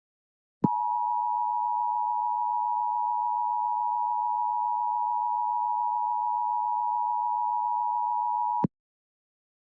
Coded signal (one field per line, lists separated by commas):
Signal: Emergency Alert System (SAME) tones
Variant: 853 and 960 Hz attention tone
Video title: EAS Scenario Duolingo Warning [Emergency Alert System]